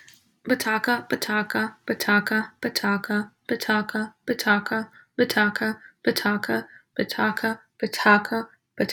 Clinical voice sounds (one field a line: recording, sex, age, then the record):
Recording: repeated syllables /pa ta ka/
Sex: female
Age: 20 to 29 years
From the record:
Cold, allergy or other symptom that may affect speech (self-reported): no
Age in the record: 21 years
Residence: Illinois, United States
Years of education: 16